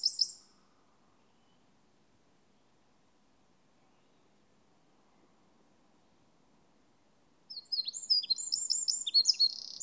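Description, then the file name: Eurasian wren: a brief high burst at the start, a long silence, then a dense, rapid jumble of sharp high notes in the final seconds. "Troglodytes troglodytes"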